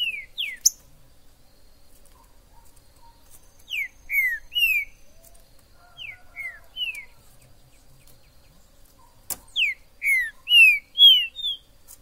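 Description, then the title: Green-winged saltator song, slurred whistled notes given in short groups with quiet gaps, ending in a fast run of loud whistles. In the forest (mato); chirping, singing and acting male in a song dispute; described as a 'major' singer; video meant to excite a pet saltator. "TRINCA Piando, Cantando E Macheando Na DISPUTA. TRINCA FERRO no MATO. Trinca ferro MAJOR no MATO"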